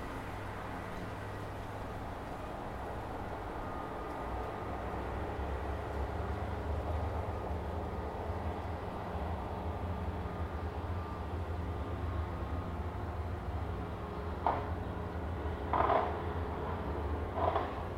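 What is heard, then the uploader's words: Outside overlooking Tamarama Beach near Bondi, a steady low rumble fills the scene, with a faint hum running underneath throughout. The wash grows slightly fuller toward the middle, and near the end three brief brighter bursts stand out, around 14, 16 and 17 seconds. Overlooking Tamarama Beach, Bondi, Sydney,. This recording comes from outside the building we stayed in overlooking the beautiful Tamarama Beach, which neighbors the well-known Bondi Beach outside of Sydney.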